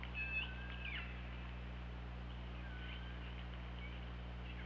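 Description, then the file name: Orca calls, several tonal, wavering cries with sharp up- and down-sweeps in the first second and again around three seconds, over a steady low underwater hum. OrcaLab hydrophone, underwater, 24 August 2017 at 21:02:12. "Orca Lab UTLN JASON 20170824 210212 h 2 LL ORCALABDYNI"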